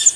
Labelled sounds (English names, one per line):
Yellow-throated Warbler flight call